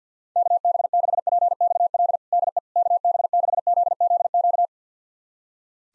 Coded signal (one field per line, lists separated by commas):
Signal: Morse code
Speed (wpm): 50 wpm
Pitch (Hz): 700 Hz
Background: none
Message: KB6PXL DE KB6ZZQ